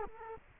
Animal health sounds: mosquito wingbeat signal from an infrared sensor; Culex quinquefasciatus

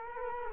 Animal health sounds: mosquito wingbeat signal from an infrared sensor; Culex quinquefasciatus

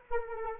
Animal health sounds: mosquito wingbeat signal from an infrared sensor; Anopheles arabiensis

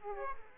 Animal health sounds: mosquito wingbeat signal from an infrared sensor; Aedes aegypti

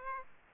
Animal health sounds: mosquito wingbeat signal from an infrared sensor; Aedes aegypti

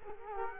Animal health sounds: mosquito wingbeat signal from an infrared sensor; Culex quinquefasciatus

